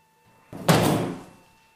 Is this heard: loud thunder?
no